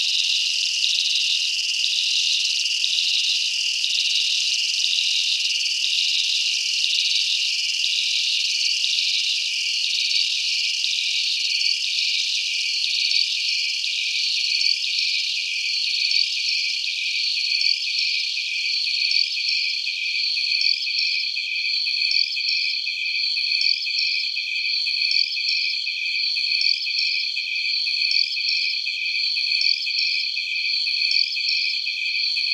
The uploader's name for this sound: Natur - Penang Hill, Malaysia